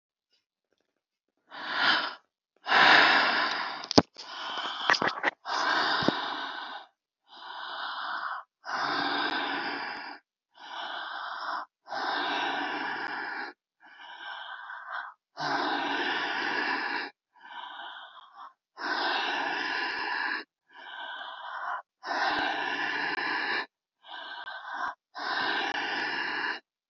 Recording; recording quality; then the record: deep breathing; excellent, no background noise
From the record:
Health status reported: healthy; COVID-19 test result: not tested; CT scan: not taken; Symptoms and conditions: hypertension, ischaemic heart disease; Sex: male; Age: 58 years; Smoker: no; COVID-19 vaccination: none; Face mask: not worn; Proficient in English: yes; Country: India